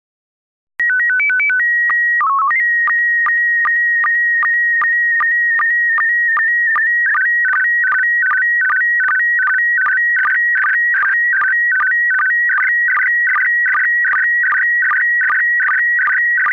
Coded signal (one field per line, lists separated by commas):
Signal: SSTV (slow-scan television)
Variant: PD 50